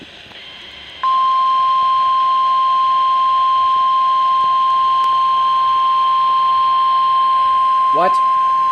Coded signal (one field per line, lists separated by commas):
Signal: Emergency Alert System (SAME) tones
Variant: 1050 Hz attention tone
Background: speech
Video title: Required Weekly Test KDO94 - Independence Day 2018 (EAS #264)